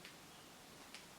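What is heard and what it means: The mascara wand cap of a Makeup Revolution 5D Lash Mascara is closed onto its plastic mascara tube, giving short, faint clicks at about 0.1 and 0.9 seconds over quiet background hiss. The cap clicks shut and is seated, the clicker securing the wand in the packaging.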